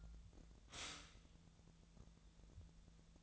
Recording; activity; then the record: daily activity, microphone in the room; stop toaster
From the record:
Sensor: 3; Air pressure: 1000.2 hPa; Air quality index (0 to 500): 157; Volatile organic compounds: 3 ppm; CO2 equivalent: 1386 ppm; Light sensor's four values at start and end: 35/89/37/40 and 34/88/37/40